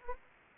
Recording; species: mosquito wingbeat signal from an infrared sensor; Anopheles arabiensis